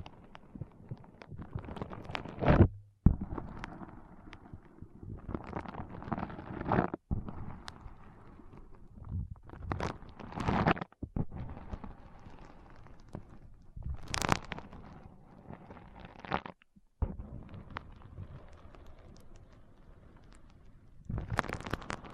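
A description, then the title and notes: Foam is squeezed and rubbed in uneven crackling, rustling bursts, some sharper and brighter, broken by brief silent gaps every few seconds. ASMR Powerful Foam Brain Massage.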